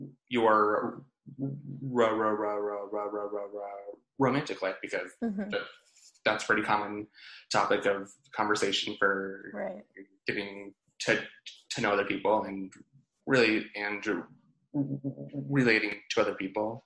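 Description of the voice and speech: An adult man speaks in a low voice with a rapid run of about eight part-syllable repetitions ("ra-ra-ra… romantic"), a word repetition ("to to"), stretched vowels and frequent pauses. This is developmental stuttering, with involuntary repetitions, prolongations and hesitations interrupting fluent speech, along with physical tension and blocks, after years of speech therapy.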